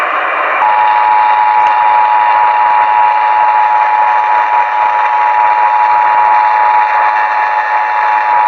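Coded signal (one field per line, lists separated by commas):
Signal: Emergency Alert System (SAME) tones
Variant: 853 and 960 Hz attention tone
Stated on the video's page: Required Monthly Test for Minnesota relayed on AM broadcast station.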